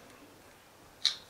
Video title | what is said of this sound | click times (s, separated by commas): Aventail belt - Bespoke premium holeless belt | push the bell in it was like and lock into place | 1.1 s